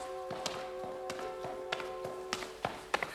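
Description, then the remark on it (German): Footsteps clatter down a flight of stairs to a villa cellar as three men swinging empty suitcases stumble down: about nine quick, uneven taps that grow a little heavier toward the end, over a steady low electrical hum. No one speaks. “Dann stolpern sie die Treppe zum Keller hinunter.”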